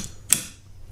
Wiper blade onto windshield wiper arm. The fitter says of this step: Listen for the click now.